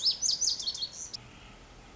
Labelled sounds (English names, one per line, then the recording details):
Pacific Wren
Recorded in Sonoma County, California